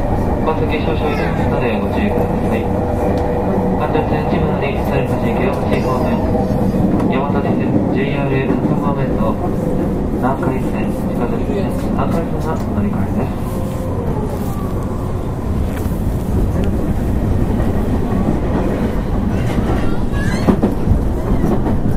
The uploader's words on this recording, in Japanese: JR221系 大和路快速 大阪から久宝寺まで。JR西日本221系電車の走行音です。大阪環状線から大和路線への直通列車、大和路快速で収録しました。